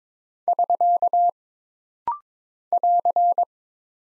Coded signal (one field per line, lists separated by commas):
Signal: Morse code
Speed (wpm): 22 wpm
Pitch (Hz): 700 Hz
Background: none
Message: <SK> <AR>